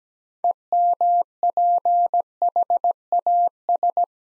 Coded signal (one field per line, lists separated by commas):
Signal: Morse code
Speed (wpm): 17 wpm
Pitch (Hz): 700 Hz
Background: none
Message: EMPHAS